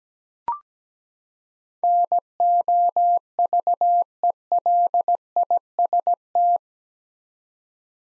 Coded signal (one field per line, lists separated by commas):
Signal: Morse code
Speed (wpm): 17 wpm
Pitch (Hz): 700 Hz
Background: none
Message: NOVELIST